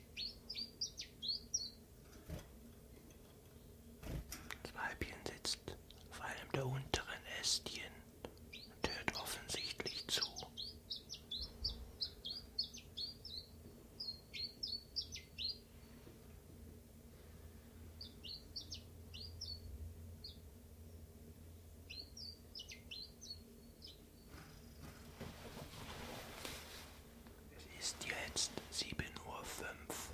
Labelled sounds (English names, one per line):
Common Chiffchaff